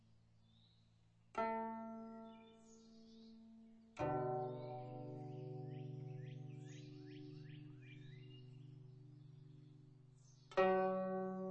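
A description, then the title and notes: Guzheng strings ring out in sudden swells at about one, four and ten and a half seconds, each a bright stacked tone with a low drone beneath that lingers and slowly fades. Between them, small birds chirp in quick, high bursts in the background. I recorded it outdoors. Near where I live on the west Nashville hills.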